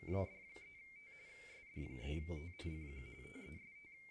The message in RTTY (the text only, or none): SD3T SD3T CQ TEST